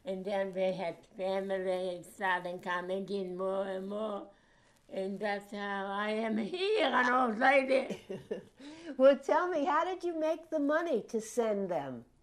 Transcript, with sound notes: And then we had family — started coming in more and more. And that's how I am here, an old lady.
[chuckles] Well, tell me. How did you make the money to send them?